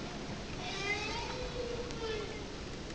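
Whale calling with long, wavering tonal moans that rise and fall in the mid range, over a steady wash of underwater noise.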